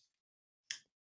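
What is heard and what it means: A folding/fixed knife is pushed into its hard composite sheath, which is tricky unless the blade goes in just right. After a brief faint rustle and near silence, a sharp, bright click sounds at 0.7 s and fades quickly. The click shows the knife has seated fully in the sheath.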